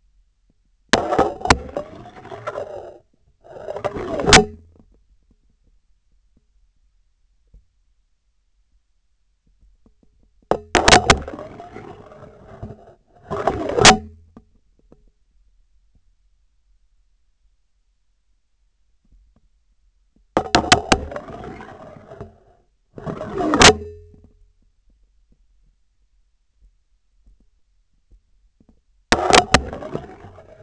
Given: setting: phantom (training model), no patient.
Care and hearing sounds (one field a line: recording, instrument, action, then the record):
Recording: laparoscopic instrument, vibration sensor on the handle end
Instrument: scissors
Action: insertion and removal through the trocar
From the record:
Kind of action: spatial motion